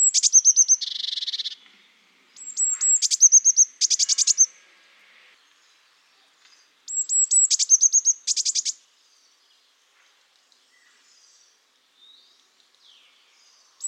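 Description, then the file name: Eurasian blue tit giving repeated call phrases: high thin notes and fast stuttering ticks, with a dry buzzy churr in the first phrase, three bouts in all, then quiet. "Cyanistes caeruleus"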